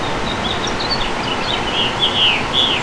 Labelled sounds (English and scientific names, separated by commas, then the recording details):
House Finch (Haemorhous mexicanus) song
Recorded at Patchogue on Long Island, New York, on 21 June 2013
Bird G